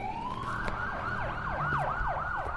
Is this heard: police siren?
yes